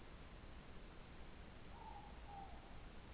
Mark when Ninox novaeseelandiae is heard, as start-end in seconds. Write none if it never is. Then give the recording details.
1.58-2.68. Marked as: faintness 2/5. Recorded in New Zealand. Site Taranaki